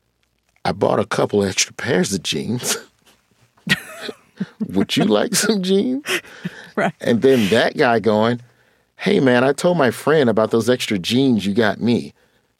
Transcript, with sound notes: I bought a couple extra pairs of jeans.
(LAUGHTER)
Would you like some jeans?
Right.
And then that guy going, hey, man, I told my friend about those extra jeans you got me.